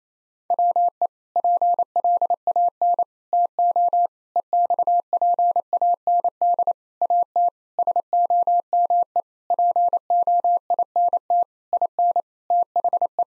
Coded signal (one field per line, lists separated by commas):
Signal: Morse code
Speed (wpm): 27 wpm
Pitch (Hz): 700 Hz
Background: none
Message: WE PLAN TO EXPAND AT SOME POINT IN THE